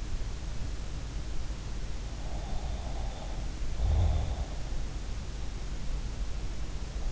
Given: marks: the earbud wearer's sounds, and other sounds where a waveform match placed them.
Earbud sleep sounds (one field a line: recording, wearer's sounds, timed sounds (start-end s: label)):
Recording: sounds in sleep by an in-ear microphone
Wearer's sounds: snoring breath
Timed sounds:
2.30-4.46 s: snoring breath